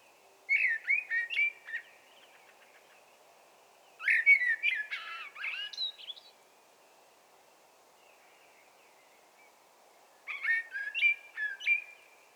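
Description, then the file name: Common blackbird song in three phrases: rich fluted warbling that breaks into thin, squeaky twittering at each phrase's end, separated by pauses of several seconds. "Turdus merula"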